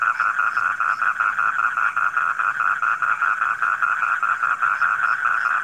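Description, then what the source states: Frogs calling in a dense chorus, a steady droning trill with rapid pulsing croaks repeating about two or three times a second, and a faint high ringing above. Frogs recorded at night.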